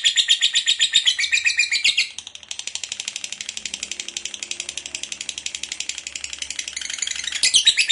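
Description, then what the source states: Lovebird chattering continuously in rapid, rasping high pulses; the chatter turns softer after about two seconds and stays quieter until it grows louder again toward the end. Long ngekek chatter; bird described as gacor, in full persistent voice.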